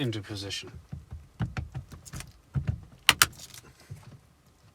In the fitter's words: you hear click click